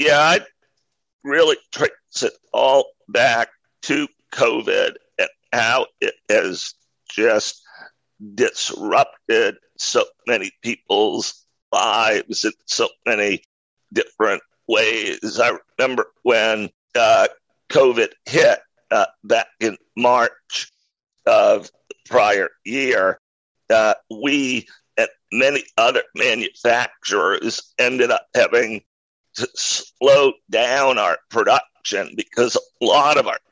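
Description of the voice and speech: An adult man speaks in short, choppy bursts, with pauses taking up about half the time. Vowels are stretched, the voice turns creaky and rough, and voicing keeps breaking off. This strained, broken voice comes from a rare neurological voice disorder, acquired in 2012, causing partial voice loss; speaking is now free of pain but the voice still sounds unique.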